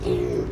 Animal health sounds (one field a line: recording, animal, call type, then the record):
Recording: contact call of a hoofed animal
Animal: pig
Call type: closed-mouth grunt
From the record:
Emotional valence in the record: negative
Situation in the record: short social isolation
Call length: 0.52 s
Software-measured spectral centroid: 1600 Hz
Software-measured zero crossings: 800 a second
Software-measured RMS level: -24 dBFS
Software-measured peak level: -13 dBFS